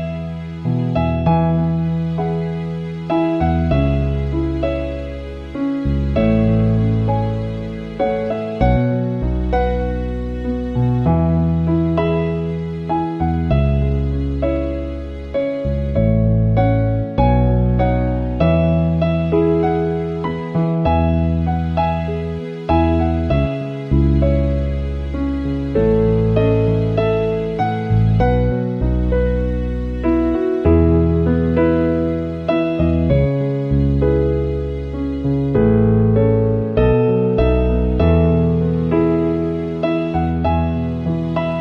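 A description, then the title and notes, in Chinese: Piano music plays continuously at a steady level, with deep bass notes changing roughly every second under sustained chords and lighter upper melody notes. The playing is dense and flowing, with only brief pauses near 16 and 36 seconds. 滴水钢琴。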